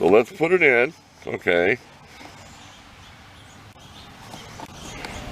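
A new plastic replacement fuel-filler cap for a 2004 Cavalier is put into the car's filler neck and turned to tighten after someone talks briefly at the start. Low handling and scraping sounds follow, with a small sharp tick near 5.1 s. The cap gets snug but gives no ratchet click in the tightening direction, so nothing has clicked yet; it clicks only when turned the other way.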